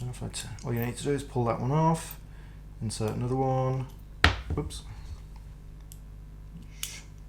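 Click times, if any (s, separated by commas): 6.8 s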